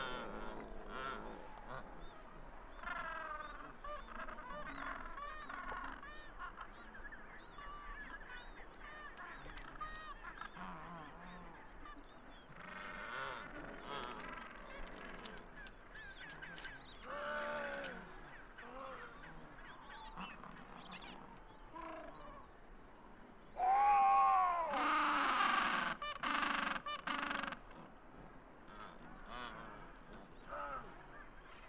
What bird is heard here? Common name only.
Adelie Penguin